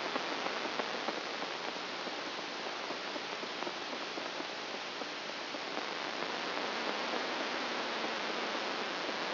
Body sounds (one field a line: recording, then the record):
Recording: brain microelectrode recording played as sound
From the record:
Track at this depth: inside the subthalamic nucleus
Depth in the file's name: 2.503 mm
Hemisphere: right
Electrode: 2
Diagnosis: Parkinson's disease